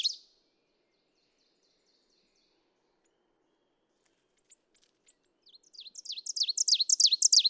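Ovenbird, mostly quiet at first, then a song of quickly repeated sharp high phrases starts and builds loudly to the end.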